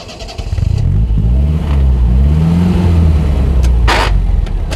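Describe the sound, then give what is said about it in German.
A car engine starts up and revs, its low rumble rising and falling in pitch as the car accelerates away, driving toward the Bois de Boulogne, steady and loud throughout with a brief hiss near the end. “steigt in seinen Wagen, fährt Richtung Bois de Boulogne.”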